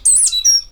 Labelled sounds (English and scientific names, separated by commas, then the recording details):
Stitchbird (Notiomystis cincta) song
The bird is a male
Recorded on Tiritiri Matangi Island, New Zealand, in 2005
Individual 8, of nest box 10